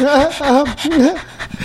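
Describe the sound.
A voice imitates a dog panting: quick, rhythmic, breathy huffs with a whining, wavering pitch, repeated in a few loud bursts over under two seconds.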